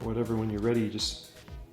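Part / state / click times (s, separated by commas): SD card into saber sound board card slot / not seated / none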